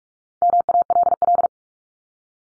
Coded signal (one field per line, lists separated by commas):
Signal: Morse code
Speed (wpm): 44 wpm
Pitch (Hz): 700 Hz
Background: none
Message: MALL